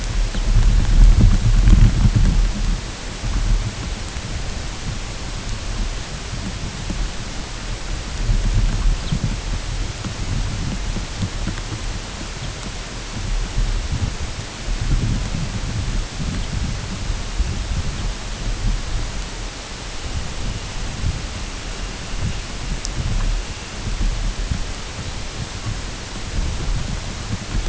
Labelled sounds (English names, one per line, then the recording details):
unidentified sound
Dunlin
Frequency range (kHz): Dunlin 2.2-3.5 kHz
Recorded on Arctic tundra, site UTQI-8, on 14 June 2019
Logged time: 08:00